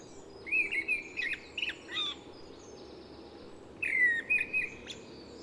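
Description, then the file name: Mistle thrush song: short fluted, warbling phrases, one burst of several notes, a pause of over a second, then another similar phrase. "Misteldrossel"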